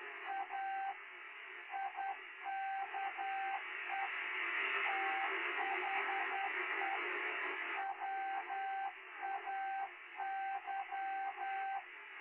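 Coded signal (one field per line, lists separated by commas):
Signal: Morse code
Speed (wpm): 10 wpm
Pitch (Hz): 780 Hz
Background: radio noise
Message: A IKE THE WAY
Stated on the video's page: Morse code stream played back at half speed.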